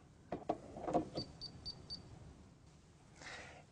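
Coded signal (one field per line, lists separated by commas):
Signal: beep code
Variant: Rain Bird ROAM receiver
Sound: plastic clunks of plugging in, then four quick high-pitched beeps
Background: handling noise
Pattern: 4 short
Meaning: The receiver has power and is ready to learn a new address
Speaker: that four beeps means one I have power and two I'm ready to learn a new address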